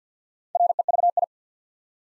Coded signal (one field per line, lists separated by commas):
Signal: Morse code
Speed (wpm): 50 wpm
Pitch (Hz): 700 Hz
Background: none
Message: REVI